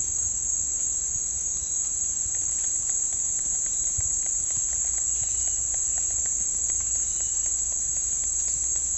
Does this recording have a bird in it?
no